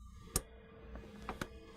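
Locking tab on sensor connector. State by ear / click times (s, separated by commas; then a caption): seated / 0.4 s. A plastic locking tab on a sensor connector is pushed closed after the connector is seated, during installation of a Flowmaster Delta Force cold air intake (part 615142) on a 2007–2011 Jeep Wrangler with a 3.8 L engine. A sharp click is heard at 0.4 s, followed by softer clicks and handling noises near 1.0, 1.3 and 1.4 s. The tab clicks home and the connector is locked in place.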